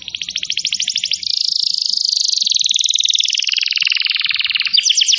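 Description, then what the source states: Canary song made of continuous fast buzzy trills, the rolls sliding gradually lower before a brighter trill at the end. Song used to lure birds.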